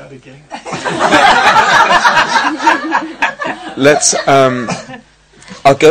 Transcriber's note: laughter